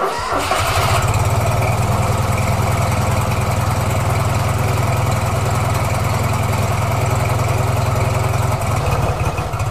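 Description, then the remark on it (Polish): The engine of a small Fiat 126 car cranks and catches, then runs at a steady, loud idle with a low, throbbing, buzzy rumble for several seconds, with no talking. “Rok 1973, wówczas to z taśmy produkcyjnej w Bielsku zjechał pierwszy Fiat 126 wykonany z włoskich części.”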